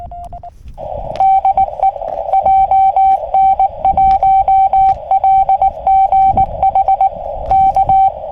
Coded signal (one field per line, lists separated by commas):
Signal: Morse code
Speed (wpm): 19 wpm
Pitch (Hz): 770 Hz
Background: radio noise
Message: DE JN1LGH K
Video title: 荒波QSBの中での山岳移動運用/ FT-818ND QRP / Riding the QSB on 40m CW at Komagamine